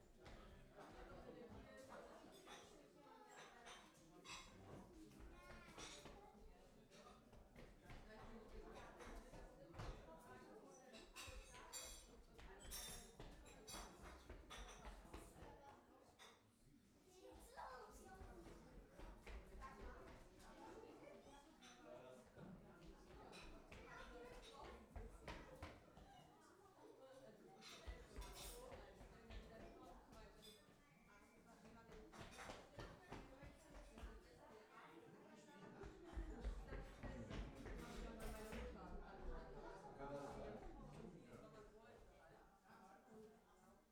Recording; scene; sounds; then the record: everyday scene through a hearing-aid microphone; many people talking; footsteps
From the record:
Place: parish hall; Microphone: behind the ear, left, front